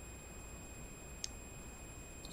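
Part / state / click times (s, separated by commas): plastic deflector dish support part into its mating model piece / seated / 1.2 s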